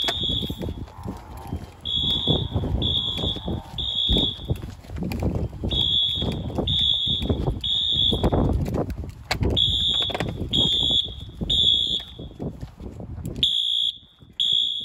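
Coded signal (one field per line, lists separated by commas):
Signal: alarm pattern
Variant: mechanical fire alarm horns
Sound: harsh buzzing horn blasts in groups of three, repeating over crowd noise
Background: children, footsteps, hallway noise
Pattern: temporal three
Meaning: Fire alarm evacuation signal, here sounded as a test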